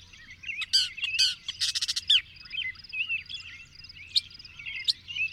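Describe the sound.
Bird song, sharp high buzzy notes and a quick rattling burst, then softer varied twittering over a low hum.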